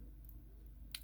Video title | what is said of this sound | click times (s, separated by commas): Build #766 - USMC FLD - Gonzalez | and feel it clicking make sure it comes off the threads you'll feel a little bit of play when it does | 0.9 s